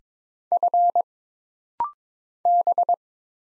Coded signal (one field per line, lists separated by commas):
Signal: Morse code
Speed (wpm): 22 wpm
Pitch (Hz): 700 Hz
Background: none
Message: F B